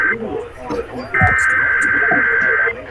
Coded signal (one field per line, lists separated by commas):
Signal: Emergency Alert System (SAME) tones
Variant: header bursts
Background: speech